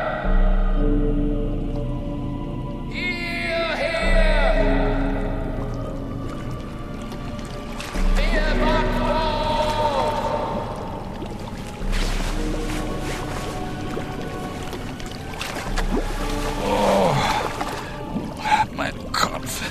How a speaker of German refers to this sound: Sie sind auf einem Boot. Wir haben Sie aus dem Meer gefischt.